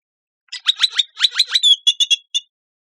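Great-tailed grackle delivering a fast string of clicking, rattling notes that ends in a loud whistled note and several quick, piercing chips.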